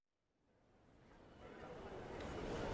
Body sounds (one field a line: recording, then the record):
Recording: background sound without coughing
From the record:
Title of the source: Train Station Sounds Paris